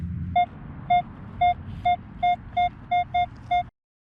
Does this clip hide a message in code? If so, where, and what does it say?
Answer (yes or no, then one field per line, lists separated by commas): no